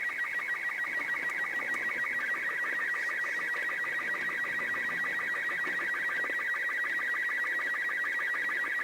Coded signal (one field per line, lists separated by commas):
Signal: SSTV (slow-scan television)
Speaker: I think I'm going to go for it and just send off a couple of pictures with CQ on it and just see if anything comes back.